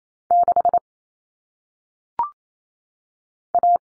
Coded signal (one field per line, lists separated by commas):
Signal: Morse code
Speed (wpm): 28 wpm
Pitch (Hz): 700 Hz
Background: none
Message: 6 A